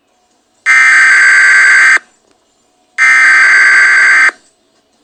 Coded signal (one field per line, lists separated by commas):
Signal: Emergency Alert System (SAME) tones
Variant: header bursts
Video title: EAS scenario CN SD40-2W exe #5252